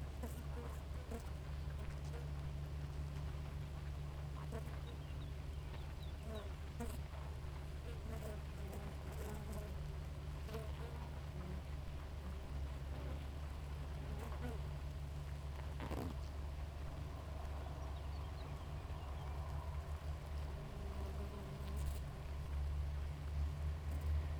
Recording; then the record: honeybee colony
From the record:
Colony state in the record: active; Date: 28 July 2017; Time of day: 4:45